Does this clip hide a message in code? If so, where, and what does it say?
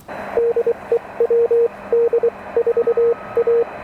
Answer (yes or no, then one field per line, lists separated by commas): yes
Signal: Morse code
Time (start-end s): 0.4-3.6 s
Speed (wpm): 24 wpm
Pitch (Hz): 470 Hz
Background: none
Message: DE WD4A